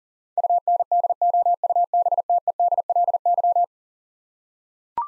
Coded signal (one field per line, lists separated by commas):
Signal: Morse code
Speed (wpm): 40 wpm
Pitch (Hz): 700 Hz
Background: none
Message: UNDOUBTEDLY